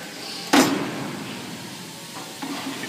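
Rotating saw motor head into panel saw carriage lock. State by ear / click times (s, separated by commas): seated / 0.5 s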